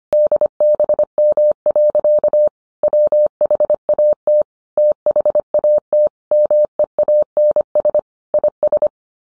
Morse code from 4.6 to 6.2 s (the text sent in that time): THAT